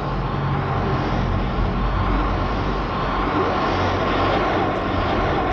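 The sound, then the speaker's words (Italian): A giant spaceship's engines roar as it heads straight on at incredible speed, in a loud, steady, unbroken rumble, thick with low bass and a hissing wash above, holding the same intensity throughout. “Un'astronave gigantesca viene dritta su di me. Ha una velocità incredibile.”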